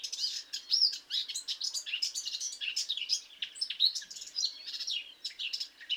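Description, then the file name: Eurasian blackcap warbling song: a rapid, unbroken stream of scratchy, chattering high notes with a few brighter whistled notes scattered through, continuing the whole time. "Sylvia atricapilla"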